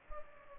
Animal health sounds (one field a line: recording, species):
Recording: mosquito wingbeat signal from an infrared sensor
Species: Culex pipiens